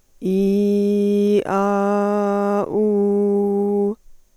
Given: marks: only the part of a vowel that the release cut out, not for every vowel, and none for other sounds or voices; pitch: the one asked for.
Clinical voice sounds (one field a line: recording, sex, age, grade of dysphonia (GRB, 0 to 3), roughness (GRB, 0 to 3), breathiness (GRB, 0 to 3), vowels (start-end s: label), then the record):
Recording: sustained vowels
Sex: female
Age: 20 to 29 years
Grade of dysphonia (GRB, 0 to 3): 0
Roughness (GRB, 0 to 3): 0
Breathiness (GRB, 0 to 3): 0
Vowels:
0.36-1.29 s: vowel /i/, low pitch
1.58-2.59 s: vowel /a/, low pitch
2.81-3.84 s: vowel /u/, low pitch
From the record:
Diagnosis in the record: healthy voice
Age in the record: 20 years